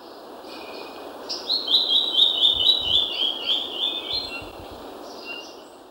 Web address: Natures Songs S America Birds of Ecuador 2 Gray-Throated Leaftosser